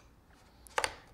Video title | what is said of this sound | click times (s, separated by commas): DJI Matrice 600 Assembly Part III | and do the same for the other side here slide the antenna down there click | 0.8 s